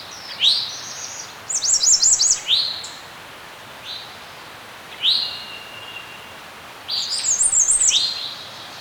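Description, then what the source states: Bird chirping with quick high rising notes and rapid trilled runs, phrases separated by brief pauses, above a faint steady hiss. Serene forest setting.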